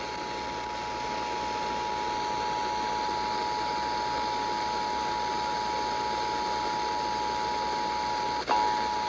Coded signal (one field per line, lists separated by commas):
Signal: Emergency Alert System (SAME) tones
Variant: 853 and 960 Hz attention tone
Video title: May the 4th Be With You with some EAS Tests (EAS #1200-#1214)